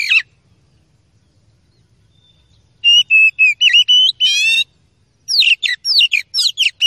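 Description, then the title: Oriental magpie-robin song: a brief whistle, a pause, then a phrase of clear whistles ending in a rippling trill, followed by quick varied chirps. Masteran (training recording) of aggressive kacer song with full 'tembakan' phrases, meant to make rival kacer birds fight and become agitated within minutes. "Kacer Langsung Tarung Konslet KACER NGOTOT FULL TEMBAKAN. MASTERAN KACER"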